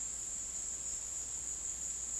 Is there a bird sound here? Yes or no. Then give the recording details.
no. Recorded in secondary vegetation near Puerto Asís, Putumayo, Colombia, on 20 February 2024 at 15:00. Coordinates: 0.468, -76.324. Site G6381